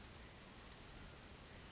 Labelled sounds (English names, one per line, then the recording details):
Western Flycatcher
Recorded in Sonoma County, California